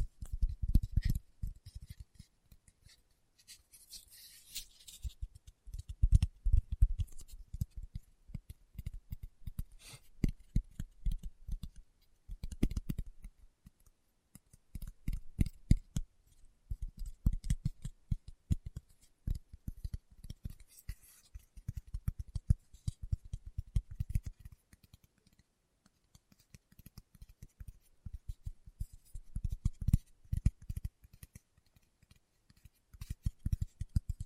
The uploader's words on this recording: ASMR Tapping with Fingertips (No Talking).